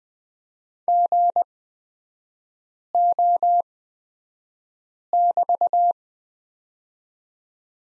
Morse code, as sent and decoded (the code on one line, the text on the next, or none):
--. --- -...-
GO<BT>